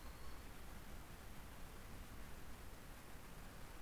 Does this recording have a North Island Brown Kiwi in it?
no